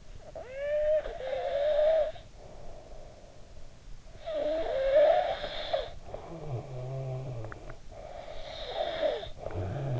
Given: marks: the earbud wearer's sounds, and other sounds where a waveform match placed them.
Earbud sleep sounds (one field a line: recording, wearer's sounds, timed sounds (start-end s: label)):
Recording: sounds in sleep by an in-ear microphone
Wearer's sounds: snoring breath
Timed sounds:
0.00-3.72 s: snoring breath
3.92-9.99 s: snoring breath